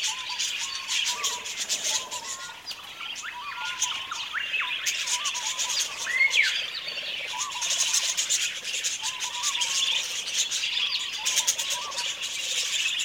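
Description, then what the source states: Budgerigar flock calls, continuous high buzzy chatter layered with short rising and falling warbled notes, a few louder chirps standing out. Several budgies.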